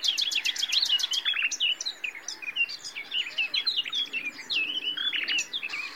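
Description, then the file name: Common nightingale singing loudly: a fast series of sharp repeated notes opens, then varied whistled, slurred and chirping phrases follow almost without pause, with faint background hiss. "Luscinia megarhynchos"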